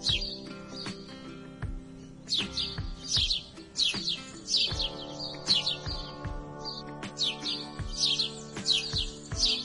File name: canto do pardal de cabeca cinzenta